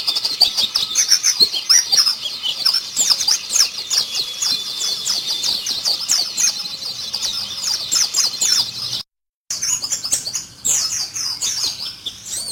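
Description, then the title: White-eye song, dense high warbling twitter that runs on, breaks off briefly near nine seconds, then returns with quick chirps. Pleci (white-eye) named or owned as Mr. Kebo; Malang, East Java, Indonesia. "Pleci Mr. Kebo Malang - Jawa Timur"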